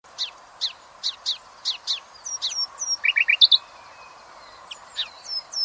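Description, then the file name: Common nightingale song: a series of sharp, high repeated notes, then a quick rattling burst, with thin, high whistles. "Luscinia megarhynchos"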